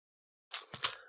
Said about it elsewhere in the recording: I'm having a little bit of a cough at the moment.